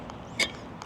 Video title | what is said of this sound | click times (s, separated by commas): TOUROLL S3 - PLIANT, PAS CHER ET EFFICACE | Hop, on vient verrouiller sur le bas. C'est bon. | 0.8 s